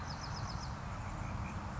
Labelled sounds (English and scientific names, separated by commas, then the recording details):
Bewick's Wren (Thryomanes bewickii)
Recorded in Sonoma County, California